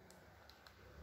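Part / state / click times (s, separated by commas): plastic lid on a school supply container / not seated / none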